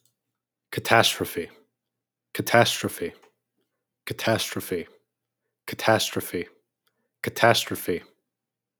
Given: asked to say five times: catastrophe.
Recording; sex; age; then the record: repeated word; male; 20 to 29 years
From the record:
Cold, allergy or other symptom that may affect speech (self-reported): no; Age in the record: 20 years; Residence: Arizona, United States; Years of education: 15